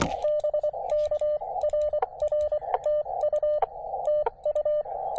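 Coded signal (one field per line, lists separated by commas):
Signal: Morse code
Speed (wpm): 24 wpm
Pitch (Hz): 590 Hz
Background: radio noise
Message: BK RR TU TU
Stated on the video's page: POTA/SOTA CW activation with a KX2 and 17-foot vertical; short pile-ups on 20m, then 15m contacts including England.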